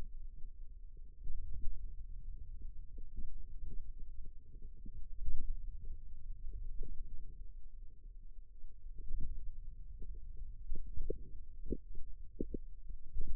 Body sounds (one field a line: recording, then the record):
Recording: forearm muscle sounds (acoustic myography)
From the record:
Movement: finger pinch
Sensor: system 2, bracelet of six BSWA MPA416 microphones around the upper forearm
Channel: 2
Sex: male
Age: 22 years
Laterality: right